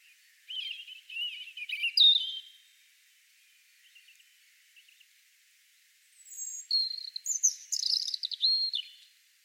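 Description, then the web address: European robin singing two separate high, tinkling phrases with varied trills and thin whistles, divided by a few seconds of near silence with faint soft notes. "Deverinetal 2025 File origin Bird Only Er Ru"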